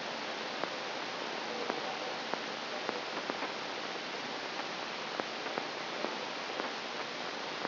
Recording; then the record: brain microelectrode recording played as sound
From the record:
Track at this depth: inside the subthalamic nucleus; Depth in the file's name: 0.757 mm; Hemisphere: right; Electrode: 3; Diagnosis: Parkinson's disease